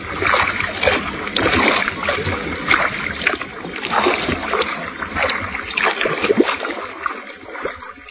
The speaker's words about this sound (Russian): И Пеппи энергичными взмахами весел направила лодку к берегу.